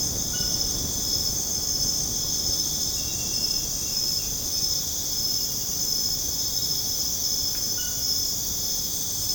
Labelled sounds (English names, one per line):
none